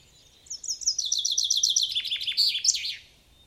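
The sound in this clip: Common chaffinch song: a rapid run of sharp, sweet notes that steps downward, closing in a bright flourish, about two and a half seconds in all.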